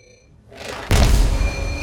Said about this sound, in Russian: Раскат громкого взрыва разнесся по округе, впервые за десятилетия нарушая мертвую тишину. Во все стороны разлетелись фрагменты доспехов, костей и прочего мусора.